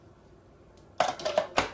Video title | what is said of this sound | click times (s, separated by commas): Weekend Juicing 🎉💣🍍🍏 | the second click, | 1.0 s